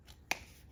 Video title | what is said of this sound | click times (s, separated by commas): Porsche Macan S FLAT6 Intake Install | everything seems to go in place has a positive little click to it once you get it in place | 0.3 s